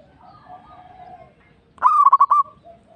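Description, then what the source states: Zebra dove song: one stuttered cooing phrase of rapid beats near the end, preceded by faint, wavering lower notes. Local (lokal) bird.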